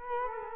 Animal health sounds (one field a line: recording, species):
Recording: mosquito wingbeat signal from an infrared sensor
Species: Culex quinquefasciatus